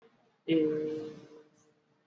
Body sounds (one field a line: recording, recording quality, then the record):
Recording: sustained vowel as in made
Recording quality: excellent, no background noise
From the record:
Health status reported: exposed to COVID-19, no respiratory illness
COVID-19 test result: not tested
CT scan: not taken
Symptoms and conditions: none ticked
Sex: male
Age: 24 years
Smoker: no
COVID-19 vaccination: both doses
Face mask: worn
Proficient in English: yes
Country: India